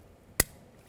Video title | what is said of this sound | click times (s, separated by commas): How to Replace Front Door Lock Switch 10-17 Chevy Equinox | hear it snap into place and there you have it alright | 0.4 s